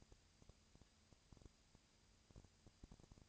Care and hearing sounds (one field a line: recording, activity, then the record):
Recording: daily activity, microphone in the room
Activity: no activity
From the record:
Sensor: 2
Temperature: 20.3 degrees Celsius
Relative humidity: 37.0%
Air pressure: 998.7 hPa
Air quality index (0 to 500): 236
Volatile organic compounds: 38 ppm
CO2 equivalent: 3111 ppm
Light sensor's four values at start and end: 2/3/2/2 and 2/3/2/2